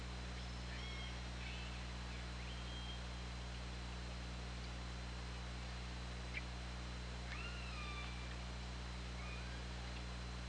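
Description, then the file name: Orca calls: a few faint, bending tonal calls with upper harmonics, some early and a longer pair late on, over a constant low hum and hiss. OrcaLab hydrophone, 24 August 2017, 20:39. "Orca Lab UTLN JASON 20170824 203951"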